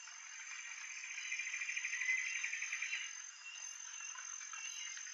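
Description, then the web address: Common paradise kingfisher call: a rapid pulsed trill lasting about two seconds, building then fading, above steady high insect buzzing. Recorded in Indonesia. "ULM-DS-Lab indonesian-bird-sounds. Tanysiptera galatea"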